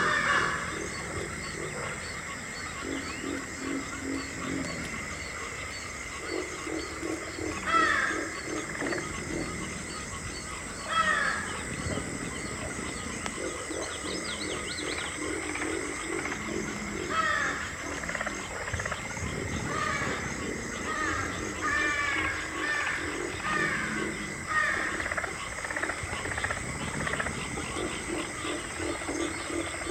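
An alligator snores in a steady, low rumbling drone that runs unbroken for the whole half minute with only slight swells in loudness. Short clicking bursts and a constant high whine sit over it, with a sharper rasp near 8 and 11 seconds.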